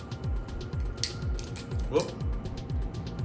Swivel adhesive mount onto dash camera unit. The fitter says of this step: So it just snaps into place.